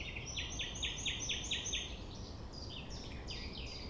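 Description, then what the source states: Common nightingale song opening with a series of clear, evenly spaced piping notes, then quieter varied chirps, over a low steady background noise. Recorded at 6 a.m. at sunrise near the Thève, at Champ de Ménage; the nightingale sings without waiting for silence.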